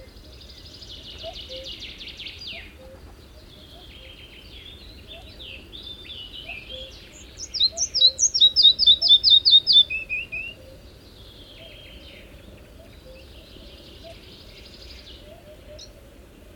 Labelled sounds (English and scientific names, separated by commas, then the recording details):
Red-breasted Flycatcher (Ficedula parva) song
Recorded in the wild
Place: Tulcea, M?cin-Gebirge, Dobrogea, DE
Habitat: mountains
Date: 1973-05-10 04:40
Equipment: Nagra III BH, Sennheiser MD 21, parabola
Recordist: Schubert, Michael
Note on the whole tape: Gesang Zwergschnäpper